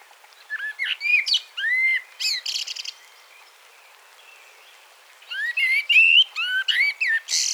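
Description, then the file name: Common blackbird song with two phrases of rising fluty whistles, each ending in a rough, high-pitched twitter, separated by about two seconds of quiet. "Turdus merula"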